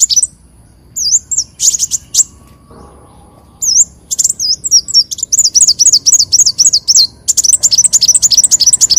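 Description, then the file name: Leafbird singing scattered high whistles and buzzy notes, building into fast continuous runs of wavering whistled notes. "Tieng chim xanh tim"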